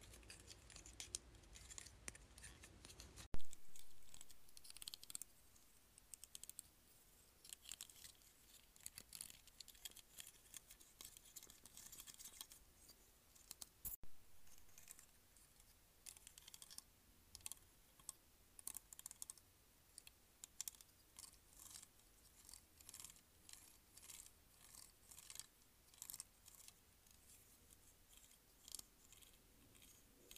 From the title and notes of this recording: ASMR Claw Clip.